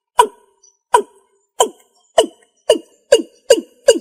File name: tieng cum num